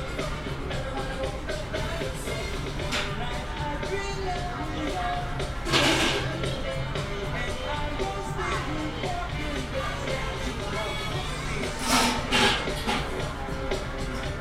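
A walk through Animal Kingdom, with a steady blend of overlapping voices and footsteps carrying throughout. Brief louder bursts of hissing, rushing sound stand out near six seconds and again around twelve, over a constant low murmur of activity.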